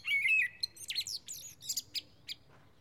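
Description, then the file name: Common blackbird song phrase: a fluty whistle, then a burst of thin, high squeaky twitters fading out. "Turdus merula"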